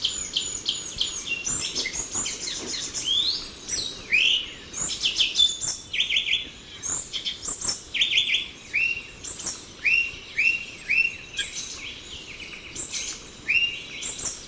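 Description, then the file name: Ochre-breasted tanager calls: a busy series of chirps and short arching whistled notes, with other high bird notes mixed in. "Chlorothraupis stolzmanni - Ochre-breasted Tanager"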